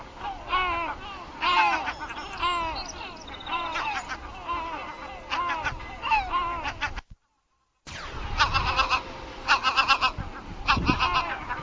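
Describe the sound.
Great black-backed gull calls, rough squealing cries from several gulls in quick overlapping runs, with a short break of silence midway.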